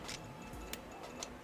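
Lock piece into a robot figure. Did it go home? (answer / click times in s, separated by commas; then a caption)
no / none. A tricky lock piece is pushed hard into a die-cast/plastic robot figure, with brief handling ticks at about 0.7 s and 1.2 s over a low steady background. Nothing has seated or clicked yet.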